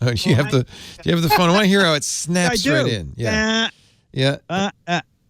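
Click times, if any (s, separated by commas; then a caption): none. A magnetic charging cable head is being handled toward the small tip left in a phone's micro-USB port, while two people talk over it. No snap is heard; the magnetic connector has not seated yet when the clip ends.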